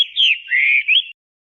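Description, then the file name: Chinese hwamei singing a short whistled phrase of slurred, rising and falling notes, ending abruptly in silence. "audio kicauan burung hwamei. omkicau"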